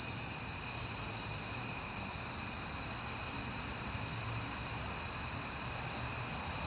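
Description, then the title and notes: High, even cricket trilling runs throughout, many insects calling together above a gentle low-pitched rumble. Crickets heard often in September; recorded at night on a peaceful night. "Night Time: Crickets and Passing Cars. It is September and I have been hearing the crickets a lot, but finally had a peaceful night to make the recording"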